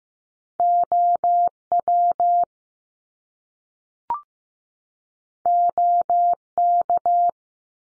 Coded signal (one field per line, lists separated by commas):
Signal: Morse code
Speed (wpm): 15 wpm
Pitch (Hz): 700 Hz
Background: none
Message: O W O K